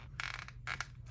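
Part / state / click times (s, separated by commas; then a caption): front piece of a folding phone case onto the phone / seated / 0.2 s, 0.8 s. The plastic front piece of an i-Blason Tigray case is pressed around the edges of a Samsung Galaxy Z Flip 6 folding phone. Short clicks are heard at 0.2 and 0.8 seconds as it pops into place, and the front piece is seated.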